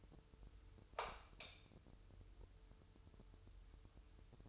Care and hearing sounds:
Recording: daily activity, microphone in the room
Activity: light on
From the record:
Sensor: 2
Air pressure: 988.3 hPa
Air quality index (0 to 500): 191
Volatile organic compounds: 187 ppm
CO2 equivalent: 4169 ppm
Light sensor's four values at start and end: 6/16/6/7 and 11/34/13/13

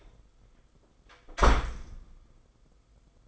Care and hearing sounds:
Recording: daily activity, microphone in the room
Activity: close door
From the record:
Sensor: 5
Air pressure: 990.6 hPa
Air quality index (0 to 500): 149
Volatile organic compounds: 156 ppm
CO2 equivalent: 4048 ppm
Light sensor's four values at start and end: 27/64/26/29 and 26/63/26/28

